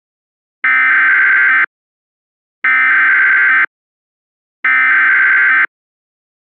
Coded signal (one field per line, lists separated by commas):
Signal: Emergency Alert System (SAME) tones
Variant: header bursts